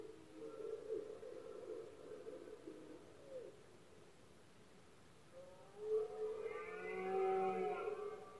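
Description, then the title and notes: Red deer roars over a steady hiss, a muffled bellow early and a clearer drawn-out roar from six seconds on. Male red deer bellowing during the rut, known as berrea or brama, at night in Spain; best heard at night when surroundings are quiet. "Paisaje sonoro: Berrea #04. berrea del ciervo. brama del ciervo"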